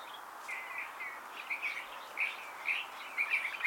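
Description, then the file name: California thrasher song: a run of varied, slurred and chattering phrases in the middle-high range, with short gaps, over a soft steady hiss. "Toxostoma redivivum - California Thrasher"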